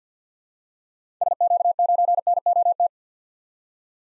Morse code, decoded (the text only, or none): SQ9NOT